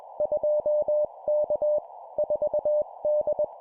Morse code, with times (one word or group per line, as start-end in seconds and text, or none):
0.2-1.8 2K
2.2-3.4 4D